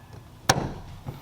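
A new hood gas strut's end socket is pushed sideways over the greased ball stud until it snaps on. A sharp, bright click at 0.5 s stands well above the quiet background and is followed by a short low-frequency rattle and a faint knock near 1.1 s. The socket is confirmed seated on the stud.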